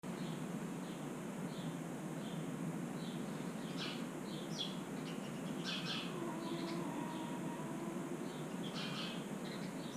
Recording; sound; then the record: horse showing discomfort; whining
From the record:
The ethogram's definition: a long, high-pitched vocalization